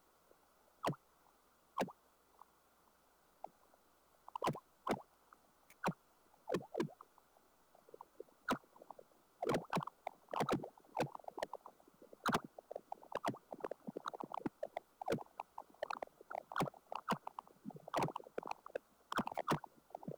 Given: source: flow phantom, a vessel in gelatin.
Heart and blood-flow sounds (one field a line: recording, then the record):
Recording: Doppler ultrasound of air bubbles in flowing water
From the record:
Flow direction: towards the transducer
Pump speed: changing at random every second, 150 to 250 rpm (540 to 900 mL/min)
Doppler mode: pulsed wave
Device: 7 MHz transducer